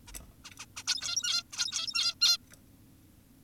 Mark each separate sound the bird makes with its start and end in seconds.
0.08-0.12, 0.45-0.51, 0.60-0.66, 0.77-0.84, 0.87-1.43, 1.52-2.15, 2.21-2.38